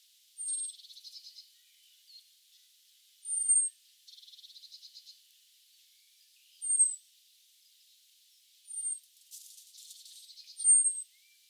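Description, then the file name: Common blackbird uttering high thin seee calls among repeated soft buzzy rattles and a brief sharp click burst. "Turdus merula"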